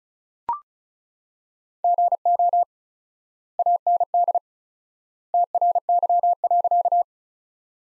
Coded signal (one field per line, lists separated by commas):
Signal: Morse code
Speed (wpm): 36 wpm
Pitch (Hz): 700 Hz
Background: none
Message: GO AND TRY.